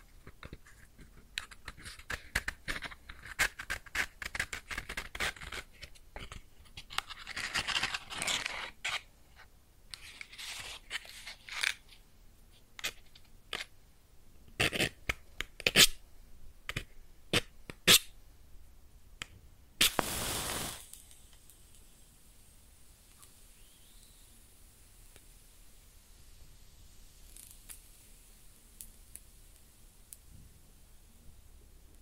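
Close crackling and sizzling from a lit match: sharp, irregular snaps and ticks come thick and fast for the first twenty seconds, with a short rushing flare near the twentieth second. After that the sound drops to a soft, steady hiss with only occasional faint pops.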